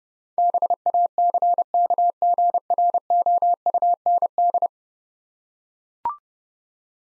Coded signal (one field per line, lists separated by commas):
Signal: Morse code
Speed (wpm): 30 wpm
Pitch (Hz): 700 Hz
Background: none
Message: BACKGROUND